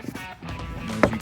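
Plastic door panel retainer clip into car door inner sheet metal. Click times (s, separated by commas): 1.0 s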